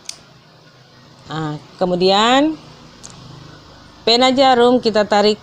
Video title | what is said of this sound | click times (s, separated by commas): TUGAS VIDEO MICROTEACHING PELATIHAN KADER PTM PUSKESMAS BATUSUYA | tutup kembali sampai terdengar bunyi klik ya | 0.1 s